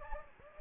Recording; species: mosquito wingbeat signal from an infrared sensor; Anopheles gambiae